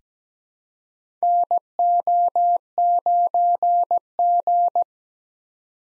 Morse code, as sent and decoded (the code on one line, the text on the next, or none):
-. --- ----. --.
NO9G